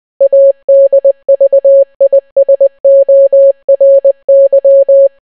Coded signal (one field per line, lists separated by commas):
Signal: Morse code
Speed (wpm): 20 wpm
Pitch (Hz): 550 Hz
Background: none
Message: ADVISORY